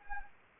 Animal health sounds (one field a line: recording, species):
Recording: mosquito wingbeat signal from an infrared sensor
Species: Anopheles arabiensis